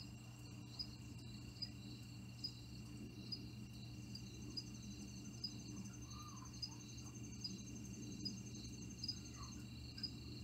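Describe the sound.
Cricket song: quick high chirps repeated a little more than once a second over a steady trill, with a low hum and a few faint softer calls.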